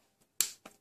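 A torque wrench set to 14 ft-lb tightens the valve adjuster lock nut on a Honda B-series rocker arm. After a faint tick at 0.2 s, a sharp, bright click at 0.4 s marks the wrench reaching its setting, followed by a softer knock at about 0.65 s. The lock nut is confirmed torqued to 14 ft-lb.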